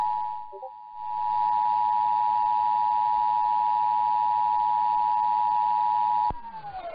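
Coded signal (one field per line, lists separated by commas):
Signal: Emergency Alert System (SAME) tones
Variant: 853 and 960 Hz attention tone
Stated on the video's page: Captured late-night Required Monthly Tests and a Required Weekly Test.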